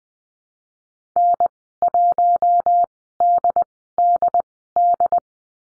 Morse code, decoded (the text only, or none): N1DDD